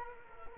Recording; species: mosquito wingbeat signal from an infrared sensor; Culex quinquefasciatus